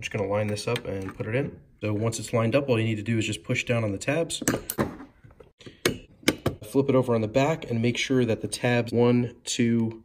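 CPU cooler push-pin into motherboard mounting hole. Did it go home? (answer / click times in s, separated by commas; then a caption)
yes / 5.9 s, 6.3 s. A stock Intel CPU cooler is lined up over the socket in a Phanteks Enthoo Tempered Glass Mini-ITX build, and its plastic push-pin tabs are pressed down through the motherboard mounting holes while someone talks. Fainter taps lead into two loud, short snaps at 5.9 s and 6.3 s as the push-pins click in. The cooler is seated, with the tabs on the back spread apart and locked into place.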